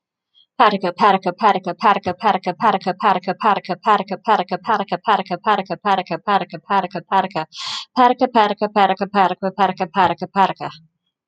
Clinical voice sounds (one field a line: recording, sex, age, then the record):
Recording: repeated syllables /pa ta ka/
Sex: female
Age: 40 to 49 years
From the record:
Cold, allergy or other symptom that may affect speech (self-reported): no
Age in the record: 44 years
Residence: Florida, United States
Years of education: 14